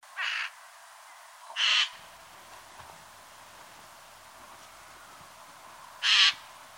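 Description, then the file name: Eurasian jay giving harsh, rasping screeches, three short noisy bursts with a long pause before the last, over a soft hissing background. "Garrulus glandarius"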